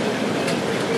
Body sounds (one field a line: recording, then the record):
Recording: background sound without coughing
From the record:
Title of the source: Office Sounds Ambience - Background Noise for Study and Work